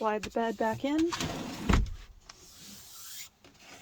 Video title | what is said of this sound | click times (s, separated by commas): 2015 Nissan NV200 camper van conversion by Vanaconda Customs | And here you just want to make sure that it clicks in, | 2.3 s